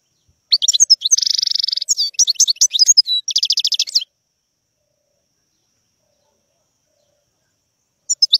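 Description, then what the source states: European goldfinch song: a fast tinkling twitter of high notes with two buzzy, rattling trills, about three and a half seconds long, then a short restart near the end. Wild bird; song.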